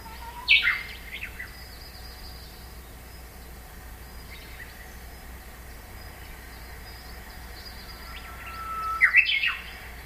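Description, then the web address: Japanese bush warbler song: a bright burst of rapid notes near the start, then a long steady whistle rising into a quick flourish near the end, over a faint steady hiss. Recorded April 2011. "nishikawa 201104 uguisu"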